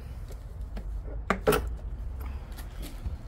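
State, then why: Seated. The folded stem of a Segway Ninebot Max G2 electric scooter is pushed down until its hook clips onto the rear fender catch. A few faint taps come first, then a loud, sharp snap at 1.3 s, followed by a brief rattle. The clip is seated in place.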